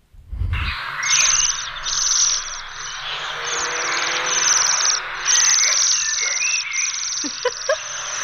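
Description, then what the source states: Bohemian waxwings calling as a group: high, thin, ringing trills in overlapping bursts, bell-like. A calling group, played back as a recording; sound described as a clear, high little bell; waxwings visit gardens, especially with apples.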